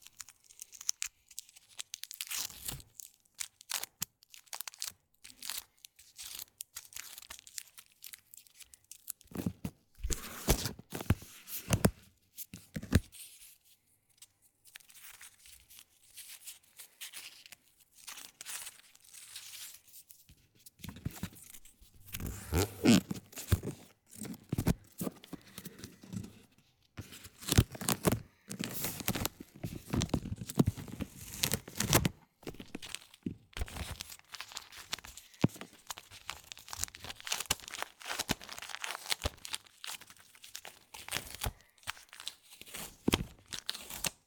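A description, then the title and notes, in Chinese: Paper tape is pulled and torn in quick rasping bursts, with irregular crinkly scrapes denser after twenty seconds. 紙膠帶的唰唰聲｜Paper Tape。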